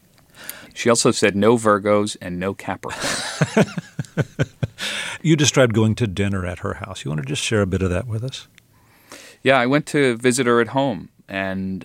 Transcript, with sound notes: She also said no Virgos and no Capricorns.
(Laughter) You described going to dinner at her house. You want to just share a bit of that with us?
Yeah, I went to visit her at home and